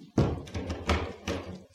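A door being closed, heard as a short series of dull thumps and knocks spread over about two seconds, each impact fairly loud with a brief rattling decay.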